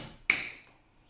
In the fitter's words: There you go. You heard a click. Nice little click. Now it's plugged in and it's not going to move.